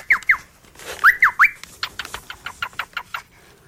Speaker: A ciumkanio-ćwierkanie, papugoryby.